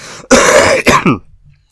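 A harsh, explosive cough from an adult man who has been sick, the cough painful from inflammation and improving over the last two days: one long rough burst, then two shorter throat-clearing bursts, in a quiet room.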